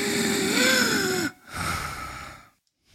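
A high-pitched, whistling, crowing sound is drawn in for about a second, then a softer rushing breath follows. An adult imitates the whistling inspiratory stridor of croup (pseudocroup) in a child, a noisy in-breath that signals obstruction of the upper airway; croup also brings a barking cough.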